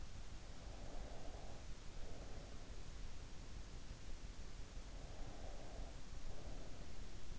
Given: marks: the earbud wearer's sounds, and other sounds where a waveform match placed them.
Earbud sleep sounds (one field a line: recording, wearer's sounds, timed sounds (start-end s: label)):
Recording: sounds in sleep by an in-ear microphone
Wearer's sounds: breath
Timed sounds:
0.74-3.10 s: breath
5.06-7.38 s: breath